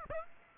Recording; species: mosquito wingbeat signal from an infrared sensor; Aedes aegypti